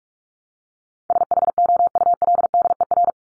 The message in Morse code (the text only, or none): SHOULDER